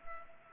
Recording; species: mosquito wingbeat signal from an infrared sensor; Culex pipiens